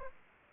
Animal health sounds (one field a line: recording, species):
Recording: mosquito wingbeat signal from an infrared sensor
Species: Aedes aegypti